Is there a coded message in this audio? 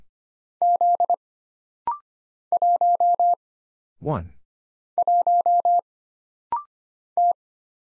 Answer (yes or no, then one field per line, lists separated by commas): yes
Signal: Morse code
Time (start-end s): 0.6-7.3 s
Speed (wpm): 25 wpm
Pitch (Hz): 700 Hz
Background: none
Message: Z 1 1 T